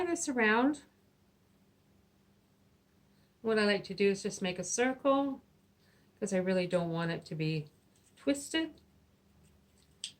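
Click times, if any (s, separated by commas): 10.0 s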